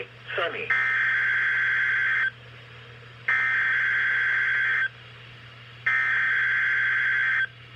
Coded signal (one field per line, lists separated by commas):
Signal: Emergency Alert System (SAME) tones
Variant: header bursts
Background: speech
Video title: Required Weekly Test | EAS #92